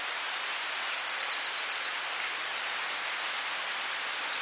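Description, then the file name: Eurasian blue tit song: a high thin introductory note falling into a fast trill of several short notes, then a long faint high thin note before the phrase begins again. "Cyanistes caeruleus"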